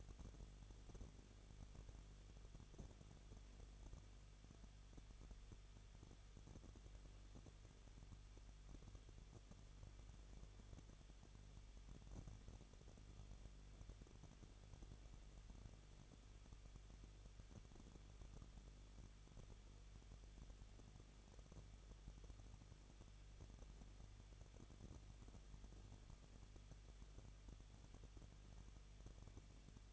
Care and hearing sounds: daily activity, microphone in the room; no activity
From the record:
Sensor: 4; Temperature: 23.1 degrees Celsius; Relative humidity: 33.9%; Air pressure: 1007.2 hPa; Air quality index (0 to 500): 216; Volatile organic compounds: 15 ppm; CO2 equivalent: 2492 ppm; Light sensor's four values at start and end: 2/3/1/1 and 2/3/1/1

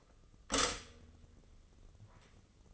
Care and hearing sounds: daily activity, microphone in the room; stop toaster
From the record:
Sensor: 4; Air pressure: 996.1 hPa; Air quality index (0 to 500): 65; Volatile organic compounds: 2 ppm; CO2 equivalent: 1177 ppm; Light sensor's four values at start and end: 12/26/11/11 and 13/29/12/12

